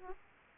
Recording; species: mosquito wingbeat signal from an infrared sensor; Aedes aegypti